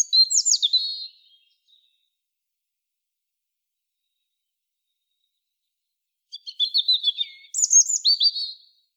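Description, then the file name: European robin singing two varied phrases of rapid, high, tinkling notes, with a long silent pause of about five seconds between them. "Erithacus rubecula"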